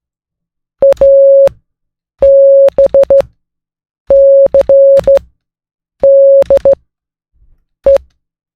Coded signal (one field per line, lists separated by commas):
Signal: Morse code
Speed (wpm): 14 wpm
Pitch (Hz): 550 Hz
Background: none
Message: A B C D E